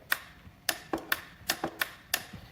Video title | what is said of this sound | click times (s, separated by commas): Features, Demo, Weird Trick, and My Review of This Shop Vac | uh a little pressure detector so as I push this down do you hear that click | 0.7 s